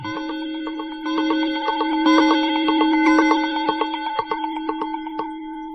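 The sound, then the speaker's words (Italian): A clock bell strikes twelve times for midnight in a steady series of resonant, ringing strokes, their deep tones blending into a sustained, humming wash that swells and then gradually thins. “Dodici rintocchi, la mezzanotte.”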